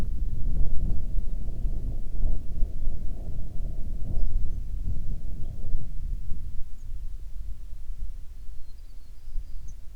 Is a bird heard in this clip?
yes